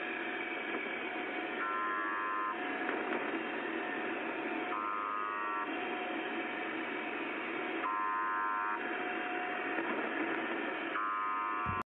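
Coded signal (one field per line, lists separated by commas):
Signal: channel marker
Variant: UVB-76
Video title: Les Stations nombres & Station UVB-76 !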